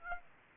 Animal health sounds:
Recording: mosquito wingbeat signal from an infrared sensor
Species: Aedes albopictus

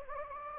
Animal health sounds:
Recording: mosquito wingbeat signal from an infrared sensor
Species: Anopheles gambiae

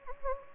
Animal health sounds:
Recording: mosquito wingbeat signal from an infrared sensor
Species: Anopheles gambiae

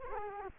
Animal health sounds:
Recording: mosquito wingbeat signal from an infrared sensor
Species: Culex quinquefasciatus

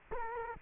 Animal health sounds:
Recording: mosquito wingbeat signal from an infrared sensor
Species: Culex quinquefasciatus

